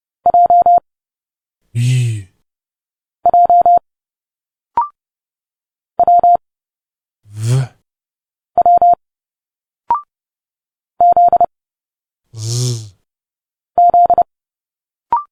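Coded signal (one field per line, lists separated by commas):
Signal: Morse code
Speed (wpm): 30 wpm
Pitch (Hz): 700 Hz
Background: none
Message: J J W W Z Z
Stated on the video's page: Morse code letters A to Z at 30 wpm, an instant character recognition drill linking Morse sounds directly to speech sounds.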